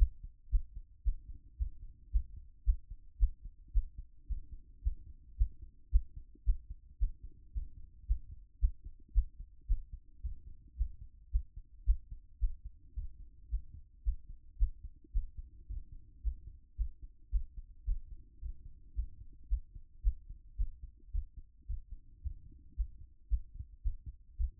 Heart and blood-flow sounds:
heart sounds by stethoscope; 111 bpm
0.51 s: heartbeat
1.04 s: heartbeat
1.58 s: heartbeat
2.12 s: heartbeat
2.65 s: heartbeat
3.19 s: heartbeat
3.73 s: heartbeat
4.28 s: heartbeat
4.83 s: heartbeat
5.37 s: heartbeat
5.91 s: heartbeat
6.45 s: heartbeat
6.99 s: heartbeat
7.53 s: heartbeat
8.07 s: heartbeat
8.60 s: heartbeat
9.14 s: heartbeat
9.68 s: heartbeat
10.22 s: heartbeat
10.77 s: heartbeat
11.31 s: heartbeat
11.86 s: heartbeat
12.40 s: heartbeat
12.95 s: heartbeat
13.50 s: heartbeat
14.04 s: heartbeat
14.59 s: heartbeat
15.13 s: heartbeat
15.68 s: heartbeat
16.23 s: heartbeat
16.77 s: heartbeat
17.31 s: heartbeat
17.86 s: heartbeat
18.40 s: heartbeat
18.95 s: heartbeat
19.49 s: heartbeat
20.03 s: heartbeat
20.57 s: heartbeat
21.13 s: heartbeat
21.68 s: heartbeat
22.22 s: heartbeat
22.76 s: heartbeat
23.29 s: heartbeat
23.83 s: heartbeat
24.38 s: heartbeat
From the record:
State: after exercise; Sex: female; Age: 50 years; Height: 170 cm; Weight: 70 kg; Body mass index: 24.22

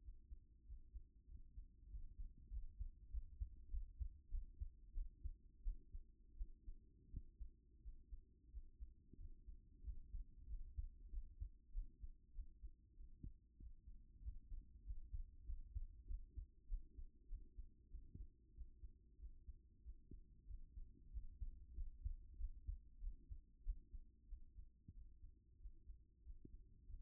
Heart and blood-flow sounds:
heart sounds by stethoscope; 95 bpm
0.63 s: heartbeat
1.25 s: heartbeat
1.87 s: heartbeat
2.48 s: heartbeat
3.08 s: heartbeat
3.67 s: heartbeat
4.27 s: heartbeat
4.91 s: heartbeat
5.60 s: heartbeat
6.34 s: heartbeat
7.07 s: heartbeat
7.79 s: heartbeat
8.48 s: heartbeat
9.15 s: heartbeat
9.80 s: heartbeat
10.45 s: heartbeat
11.07 s: heartbeat
11.70 s: heartbeat
12.31 s: heartbeat
12.94 s: heartbeat
13.56 s: heartbeat
14.19 s: heartbeat
14.81 s: heartbeat
15.43 s: heartbeat
16.04 s: heartbeat
16.65 s: heartbeat
17.26 s: heartbeat
17.88 s: heartbeat
18.51 s: heartbeat
19.16 s: heartbeat
19.80 s: heartbeat
20.44 s: heartbeat
21.08 s: heartbeat
21.71 s: heartbeat
22.34 s: heartbeat
22.97 s: heartbeat
23.61 s: heartbeat
24.25 s: heartbeat
24.91 s: heartbeat
25.56 s: heartbeat
26.21 s: heartbeat
26.84 s: heartbeat
From the record:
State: after exercise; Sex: female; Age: 28 years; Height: 167 cm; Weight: 60 kg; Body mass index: 21.51

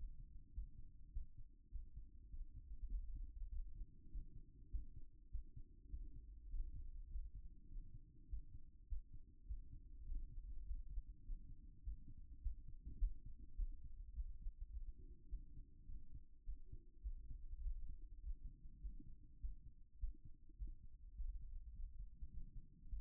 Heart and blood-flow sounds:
heart sounds by stethoscope; 102 bpm
0.51 s: heartbeat
1.11 s: heartbeat
1.69 s: heartbeat
2.28 s: heartbeat
2.88 s: heartbeat
3.48 s: heartbeat
4.08 s: heartbeat
4.69 s: heartbeat
5.29 s: heartbeat
5.88 s: heartbeat
6.48 s: heartbeat
7.07 s: heartbeat
7.67 s: heartbeat
8.27 s: heartbeat
8.86 s: heartbeat
9.45 s: heartbeat
10.04 s: heartbeat
10.63 s: heartbeat
11.22 s: heartbeat
11.81 s: heartbeat
12.40 s: heartbeat
12.98 s: heartbeat
13.55 s: heartbeat
14.12 s: heartbeat
14.70 s: heartbeat
15.27 s: heartbeat
15.85 s: heartbeat
16.43 s: heartbeat
17.01 s: heartbeat
17.60 s: heartbeat
18.19 s: heartbeat
18.79 s: heartbeat
19.39 s: heartbeat
19.98 s: heartbeat
20.56 s: heartbeat
21.14 s: heartbeat
21.72 s: heartbeat
22.30 s: heartbeat
22.87 s: heartbeat
From the record:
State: after exercise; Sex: male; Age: 52 years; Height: 176 cm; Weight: 105 kg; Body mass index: 33.90

